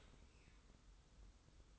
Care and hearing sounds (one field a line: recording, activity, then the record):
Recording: daily activity, microphone in the room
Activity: open dishwasher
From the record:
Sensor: 3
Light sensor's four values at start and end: 36/84/34/32 and 36/84/34/32